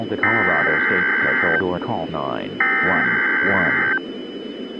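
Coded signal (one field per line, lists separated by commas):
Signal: Emergency Alert System (SAME) tones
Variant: header bursts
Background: speech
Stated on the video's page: Mock EAS Child Abduction Emergency.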